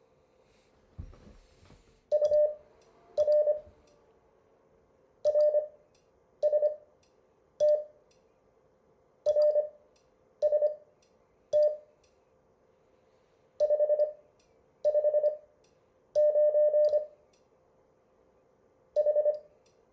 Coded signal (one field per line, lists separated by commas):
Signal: Morse code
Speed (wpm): 24 wpm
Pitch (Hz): 600 Hz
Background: none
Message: UR RST RST 559 H